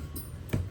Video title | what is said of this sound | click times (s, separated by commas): Axor Apex Helmet: Complete Dismantling, Repair & Maintenance Guide - Step-by-Step Tutorial | same इधर भी मैंने दबा दिया लॉक हो गया | 0.2 s, 0.5 s